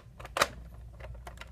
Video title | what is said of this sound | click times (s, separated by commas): Inserting and removing police figures into Jeep Rubicon police vehicle | and inserting them, you know, they locked into place. | 0.4 s